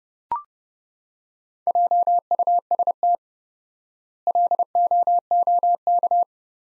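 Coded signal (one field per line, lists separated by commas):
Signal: Morse code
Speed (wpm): 30 wpm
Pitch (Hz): 700 Hz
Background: none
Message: JUST LOOK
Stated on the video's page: Morse practice of sentences from the top 200 words at 30 WPM with 4x standard word spacing, a Farnsworth-like method.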